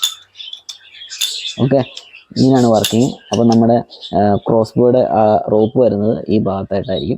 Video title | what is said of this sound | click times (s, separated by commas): Home made crossbow - Trigger mechanism | വലിച്ചു കഴിയുമ്പോൾ trigger release ആകും കേട്ടോ | 0.0 s